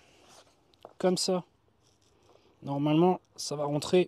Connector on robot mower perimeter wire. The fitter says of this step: Tout simplement, ça se clipse